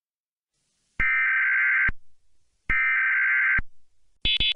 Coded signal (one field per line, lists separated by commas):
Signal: Emergency Alert System (SAME) tones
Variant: header bursts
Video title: EAS Scenario - Chernobyl Reactor Disease -